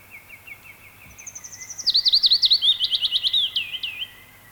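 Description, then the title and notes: Willow Warbler song: thin high notes swell into a liquid, descending cascade of slurred whistles that then fades, with a faint, evenly repeated lower series of notes at the start. Field recording from Finland, on a 1989 cassette; presented first among Finland's 15 most common birds, each with at least a million breeding pairs yearly. "Mikä lintu lauloi. Pajulintu"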